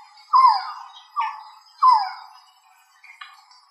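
Resplendent quetzal calls: three whining, down-slurred notes with harmonics, then fainter shorter notes.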